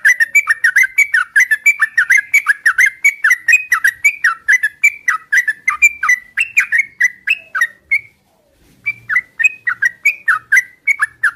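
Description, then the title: Oriental magpie-robin repeating brisk whistled dipping notes in a long steady run, a short break, then the same pattern resumes. Whistled song used as a lure to prompt other magpie-robins to answer back; described as a lively, vigorous singer. "Pancingan Suara Siulan Kacer Gacor Mantap Untuk Memancing Kacer Lain Agar Mau Nyaut Bunyi"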